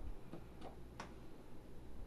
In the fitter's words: you're installing to is undone so you can click it into place you'll hear